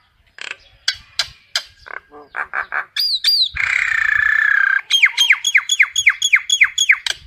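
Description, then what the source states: Common myna giving sharp clicks and squawks, a drawn harsh rasp, then a fast run of repeated downslurred whistles. Calling to gather its flock.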